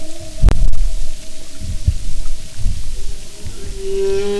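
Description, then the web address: Humpback whale sounds: a faint steady tone held through most, a sharp knock early on, and a stronger harmonic tone at the end. "Sound and Marine Mammals humpback"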